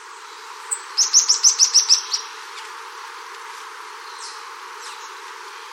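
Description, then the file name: Bird giving a rapid series of about eight high, sharp chirps over roughly a second, evenly spaced, then quiet with faint hiss and a few tweets. "SABIOD 50 bird 2015"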